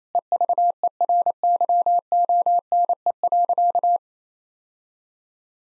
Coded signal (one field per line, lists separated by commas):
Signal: Morse code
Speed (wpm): 28 wpm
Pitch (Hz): 700 Hz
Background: none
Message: EVERYONE.